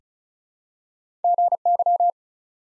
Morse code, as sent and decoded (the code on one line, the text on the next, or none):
--. -.--
GY